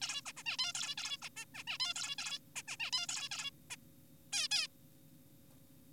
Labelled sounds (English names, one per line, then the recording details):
Zebra Finch
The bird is an adult
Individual g4p5U